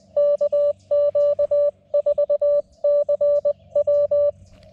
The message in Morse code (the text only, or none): KQ4CW